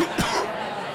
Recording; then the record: coughing mixed with background sound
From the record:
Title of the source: Coughing 46